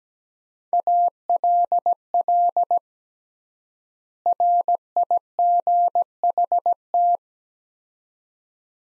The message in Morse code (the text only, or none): ALL RIGHT